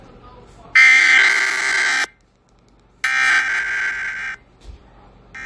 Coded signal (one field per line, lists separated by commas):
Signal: Emergency Alert System (SAME) tones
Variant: header bursts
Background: speech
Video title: Eas senario. Natinal test. Test interrupted.